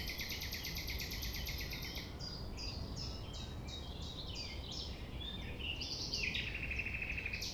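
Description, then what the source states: Common nightingale song opening with a fast rattling trill, then repeated clipped notes and a bright trilled phrase, other birds in the background. Recorded at 6 a.m. at sunrise near the Thève, Champ de Ménage; the nightingale sings without waiting for silence.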